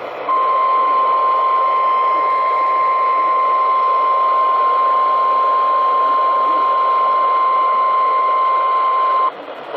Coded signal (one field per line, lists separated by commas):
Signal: Emergency Alert System (SAME) tones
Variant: 1050 Hz attention tone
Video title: ONE NIGHT...THREE DAVIDSONS... EAS Alerts from 7/5/20 (EAS #4,614 - 4,636)